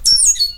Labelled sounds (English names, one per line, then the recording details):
Stitchbird song
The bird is a male
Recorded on Tiritiri Matangi Island, New Zealand, in 2005
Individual 22, of nest box 31